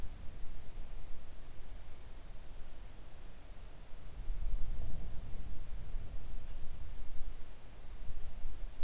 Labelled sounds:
near silence
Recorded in the Arctic National Wildlife Refuge, Alaska, on 3 August 2019 at 05:30
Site 41

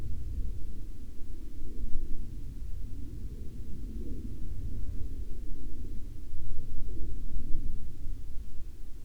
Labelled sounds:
aircraft, insects
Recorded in the Arctic National Wildlife Refuge, Alaska, on 31 July 2019 at 15:53
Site 40

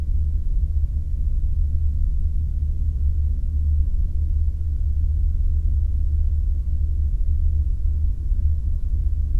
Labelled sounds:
machinery, flare stack
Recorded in the Arctic National Wildlife Refuge, Alaska, on 4 September 2019 at 20:09
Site 35

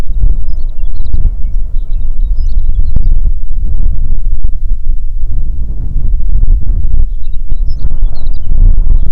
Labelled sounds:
songbird, wind
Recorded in the Prudhoe Bay oil fields, Alaska, on 6 June 2019 at 04:18
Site 16

